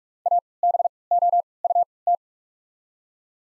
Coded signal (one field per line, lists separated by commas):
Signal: Morse code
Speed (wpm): 46 wpm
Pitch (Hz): 700 Hz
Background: none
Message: A B O U T